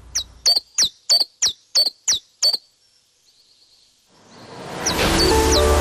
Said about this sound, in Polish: Co mi tu jakieś sztuczne ptaszki wpuszczacie? Przecież ja mam własne, tylko zamknęłam okna, żeby nie przeszkadzały.